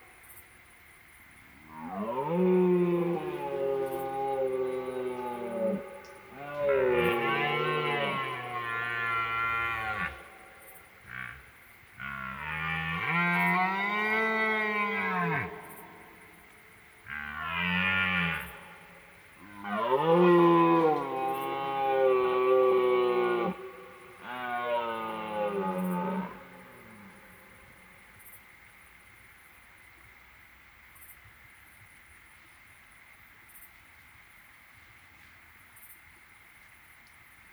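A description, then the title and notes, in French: A red deer stag bellows in a rutting roar, a series of long, deep, groaning calls with wavering pitch, each lasting a few seconds, from about 2 to 26 seconds. The calls are strong; afterward only a quiet outdoor hush and faint high ticking remain. Premier brame 2019. En Drôme - 22h10 - binaural - mkh8020 - mixpr3. Première soirée au brame en bord de Drôme. Cet enregistrement a été réalisé en binaural pour restituer au mieux la merveilleuse réverbération de la vallée.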